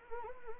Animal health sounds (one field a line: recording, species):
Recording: mosquito wingbeat signal from an infrared sensor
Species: Anopheles arabiensis